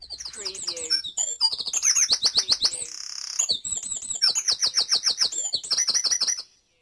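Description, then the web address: Birds in a dawn chorus: dense overlapping high chirps, rapid trills and fast repeated whistled phrases from several singers, pausing briefly near the middle before ending abruptly. Dawn chorus in Mold, North Wales. "beanstalk-audio Dawn Chorus in Mold North Wales"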